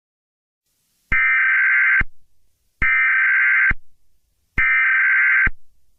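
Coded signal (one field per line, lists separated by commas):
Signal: Emergency Alert System (SAME) tones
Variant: header bursts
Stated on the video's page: Fictional mock EAS scenario about a multiverse invasion.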